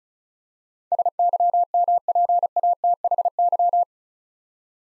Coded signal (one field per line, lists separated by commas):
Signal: Morse code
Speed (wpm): 36 wpm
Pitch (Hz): 700 Hz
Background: none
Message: SYMPATHY